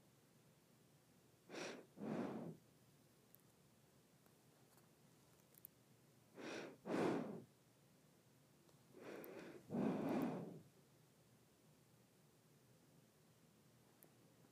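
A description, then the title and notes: Nose breathing in three paired breaths, a short airy inhale then a longer hiss, near 2, 7 and 10 seconds with quiet between. ASMR Nose Breathing.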